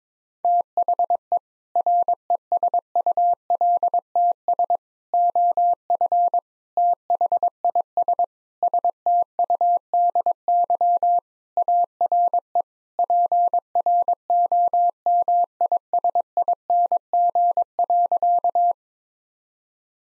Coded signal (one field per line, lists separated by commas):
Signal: Morse code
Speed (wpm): 22 wpm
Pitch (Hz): 700 Hz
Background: none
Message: THE RESULTS OF THIS STUDY ARE PROMISING.